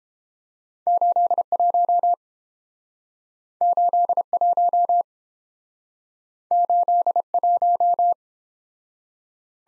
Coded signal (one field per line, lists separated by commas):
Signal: Morse code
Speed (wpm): 30 wpm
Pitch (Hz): 700 Hz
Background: none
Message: 81 81 81